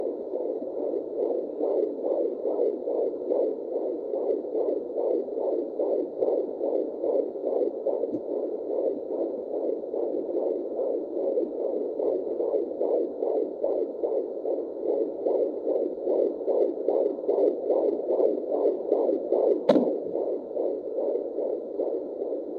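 Rapid, fairly regular muffled beats at about 146 a minute continue throughout, over a steady low hiss. A single sharp click sounds near the end. A fast heartbeat.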